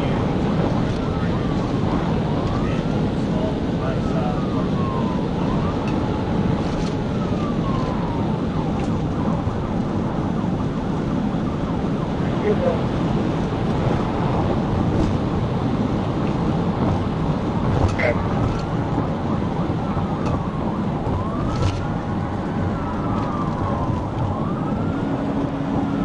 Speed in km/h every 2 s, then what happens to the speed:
209, 209, 204, 195, 190, 195, 201, 201, 188, 184, 167, 159, 171.
0-7 slows to 190. 7-15 speeds up to 201. 15-22 brakes to 159. 22-26 speeds up to 171.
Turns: none.